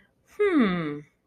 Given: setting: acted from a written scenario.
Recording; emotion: vocal sound without words; realization